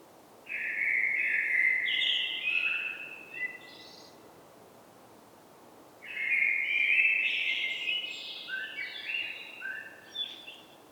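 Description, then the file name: Common blackbird singing two warbled phrases several seconds apart, each mellow at first and then breaking into high, scratchy twitters. "Turdus merula"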